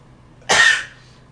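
A single short, harsh cough from an adult man with broken ribs, lasting about a third of a second, with a noisy, airy burst and a brief fading tail. Coughing like this is painful and exhausting for him. No wheeze or whoop follows. The room is otherwise quiet.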